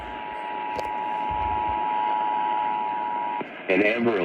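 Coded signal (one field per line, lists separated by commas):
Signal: Emergency Alert System (SAME) tones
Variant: 853 and 960 Hz attention tone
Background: speech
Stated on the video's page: Real EAS child abduction emergency alert.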